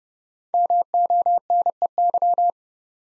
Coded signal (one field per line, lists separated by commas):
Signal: Morse code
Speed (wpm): 30 wpm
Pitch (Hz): 700 Hz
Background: none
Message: MONEY